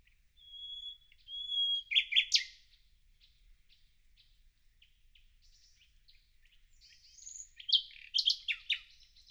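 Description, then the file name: Common nightingale singing steady whistles and then sharp loud bursts, a quiet interlude of soft notes, then another loud harsh phrase. "Luscinia megarhynchos"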